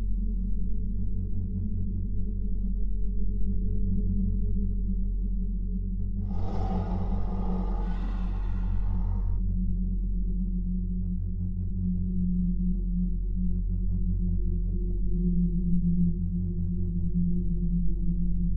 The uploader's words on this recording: Alien planet | Exoplanet Ambience.